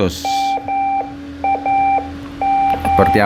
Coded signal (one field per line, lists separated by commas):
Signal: Morse code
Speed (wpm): 11 wpm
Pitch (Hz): 790 Hz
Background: speech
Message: MAM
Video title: Beacon ARDF, Antenna ARDF, Fox Hunting